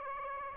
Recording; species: mosquito wingbeat signal from an infrared sensor; Aedes aegypti